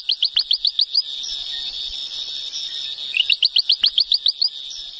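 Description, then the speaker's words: Ventriloquial frog call: a rapid train of about ten sharp, high chirping clicks lasting a second, a pause, then a second matching burst. Heard in a small remote patch of cloud forest atop rugged mountains in Haiti; distinctive, fairly complex call for a small frog, which it throws so its source is hard to locate. "One of the species we came across was the ventriloquial frog. We were able to hear its call."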